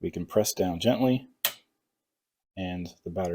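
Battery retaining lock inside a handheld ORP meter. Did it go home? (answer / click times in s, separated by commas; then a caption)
released / 1.5 s. Someone talks while gently pressing down on the internal plastic lock that holds the batteries inside a handheld ORP meter. A short, sharp click sounds at 1.5 s, and the lock releases, freeing the batteries.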